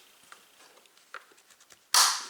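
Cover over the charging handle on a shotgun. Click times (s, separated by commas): 1.9 s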